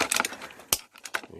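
A fitted, extended Sig Sauer P938 7-round magazine is slapped into the grip magazine well of a compact Kimber Micro 9 pistol. A few light clicks and rattles come first, then a sharp click at 0.7 s as the magazine latches home and locks in, fully seated.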